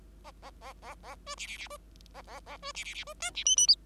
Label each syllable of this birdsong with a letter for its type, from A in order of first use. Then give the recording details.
A A A A A B C C C B A A A B C C C B D C E E F. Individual Bird5